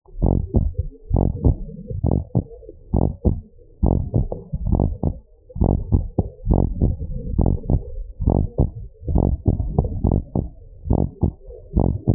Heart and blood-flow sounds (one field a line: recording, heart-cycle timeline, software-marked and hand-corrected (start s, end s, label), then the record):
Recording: heart sounds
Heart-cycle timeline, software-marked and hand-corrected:
0.00	0.22	diastole
0.22	0.40	S1
0.40	0.56	systole
0.56	0.68	S2
0.68	1.14	diastole
1.14	1.30	S1
1.30	1.44	systole
1.44	1.56	S2
1.56	2.08	diastole
2.08	2.22	S1
2.22	2.36	systole
2.36	2.44	S2
2.44	3.00	diastole
3.00	3.12	S1
3.12	3.26	systole
3.26	3.38	S2
3.38	3.90	diastole
3.90	4.04	S1
4.04	4.16	systole
4.16	4.28	S2
4.28	4.70	diastole
4.70	4.88	S1
4.88	5.04	systole
5.04	5.12	S2
5.12	5.60	diastole
5.60	5.78	S1
5.78	5.92	systole
5.92	6.04	S2
6.04	6.50	diastole
6.50	6.68	S1
6.68	6.82	systole
6.82	6.94	S2
6.94	7.38	diastole
7.38	7.56	S1
7.56	7.70	systole
7.70	7.82	S2
7.82	8.26	diastole
8.26	8.42	S1
8.42	8.58	systole
8.58	8.68	S2
8.68	9.12	diastole
9.12	9.30	S1
9.30	9.48	systole
9.48	9.58	S2
9.58	10.06	diastole
10.06	10.20	S1
10.20	10.36	systole
10.36	10.46	S2
10.46	10.92	diastole
10.92	11.08	S1
11.08	11.24	systole
11.24	11.32	S2
11.32	11.78	diastole
11.78	11.92	S1
11.92	12.08	systole
12.08	12.15	S2
From the record:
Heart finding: normal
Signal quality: good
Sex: female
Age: 68 years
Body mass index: 23.8